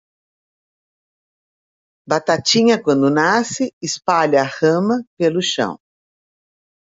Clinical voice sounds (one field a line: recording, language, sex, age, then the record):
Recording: short text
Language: Brazilian Portuguese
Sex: female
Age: 60 to 69 years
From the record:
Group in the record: control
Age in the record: 60 years